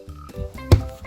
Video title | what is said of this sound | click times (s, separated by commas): HOW TO INSTALL "LITTLE TIKES FIRST SLIDE" | and there you go once you hear that snap you know that it's secure | 0.7 s